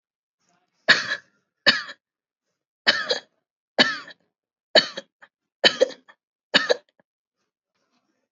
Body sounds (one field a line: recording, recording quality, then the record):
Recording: heavy voluntary cough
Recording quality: excellent, no background noise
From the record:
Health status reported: healthy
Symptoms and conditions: none ticked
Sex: male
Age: 51 years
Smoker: not ticked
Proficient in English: yes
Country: India